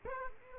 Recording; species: mosquito wingbeat signal from an infrared sensor; Aedes aegypti